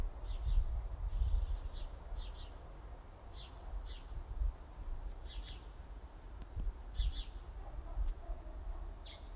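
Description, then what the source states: House sparrows giving short chirps in loose bursts, single and doubled notes spaced unevenly, with low rumbling noise underneath. Several house sparrows.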